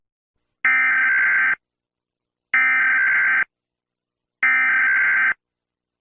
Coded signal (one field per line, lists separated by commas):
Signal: Emergency Alert System (SAME) tones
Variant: header bursts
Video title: Eas scenario | asteroid impact ￼